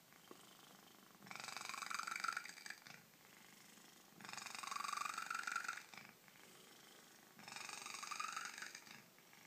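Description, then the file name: Cat purring in three loud rumbling bursts, each lasting about a second and a half, with quieter stretches between. Very loud purring. "Cat purrs very loud-Mikkel Pedersen"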